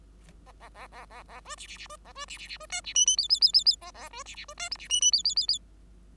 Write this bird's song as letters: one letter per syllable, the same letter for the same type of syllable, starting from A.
A A A A A A B C C C B A B C C C B D C E E F F F F F A A B C C B D G C E E F F F F